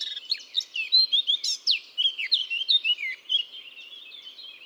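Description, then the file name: Eurasian blackcap giving a continuous warble of quick chirps, trills and short whistled slides throughout, the notes tumbling without a clear pause. "Sylvia atricapilla"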